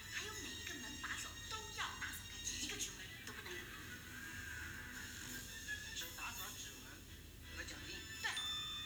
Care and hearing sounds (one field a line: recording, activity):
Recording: daily activity, guitar pickup as the sensor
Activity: browse video